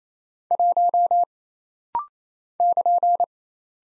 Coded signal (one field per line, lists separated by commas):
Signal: Morse code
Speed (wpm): 27 wpm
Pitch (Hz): 700 Hz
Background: none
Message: 1 <KN>